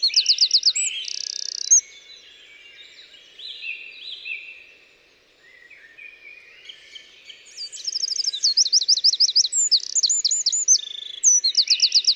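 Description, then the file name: Eurasian wren song: loud, rapid high trills and buzzy rattles at the start, a quieter stretch, then more fast, loud trilled phrases running to the end. "Troglodytes troglodytes"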